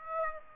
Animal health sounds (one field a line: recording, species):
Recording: mosquito wingbeat signal from an infrared sensor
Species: Aedes aegypti